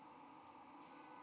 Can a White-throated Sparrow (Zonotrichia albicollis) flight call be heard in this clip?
no